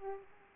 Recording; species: mosquito wingbeat signal from an infrared sensor; Aedes aegypti